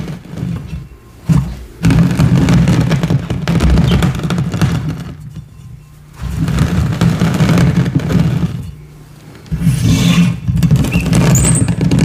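Powder is crushed and worked by hand in dense bursts of gritty crunching and squeaking, with a deep low thud underneath. Three long pushes, starting near two, six and nine and a half seconds, are separated by short, quieter pauses.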